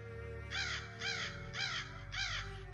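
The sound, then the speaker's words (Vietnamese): Black crows, smelling rotting corpses, caw four times in a steady rhythm, each harsh, raspy call roughly half a second long, over a low, constant rumble, with no voices. “Thỉnh thoảng lại có tiếng khóc thúc thích, tiếng kêu thất thanh của những con quạ đen đang ngửi thấy mùi xác thối vọng lại.”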